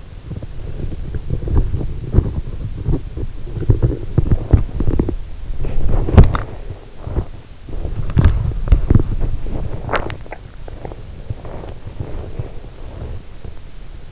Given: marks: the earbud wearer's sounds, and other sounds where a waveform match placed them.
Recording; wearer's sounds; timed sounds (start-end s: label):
sounds in sleep by an in-ear microphone; body movement
0.00-14.12 s: body movement